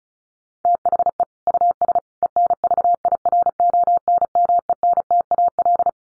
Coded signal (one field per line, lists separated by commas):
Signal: Morse code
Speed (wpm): 34 wpm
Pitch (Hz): 700 Hz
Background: none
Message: THE US ENVIRONMENTAL